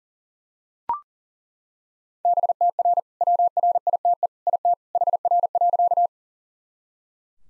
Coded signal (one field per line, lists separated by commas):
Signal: Morse code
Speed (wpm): 40 wpm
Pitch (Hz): 700 Hz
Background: none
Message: BTR WRITE IT HR.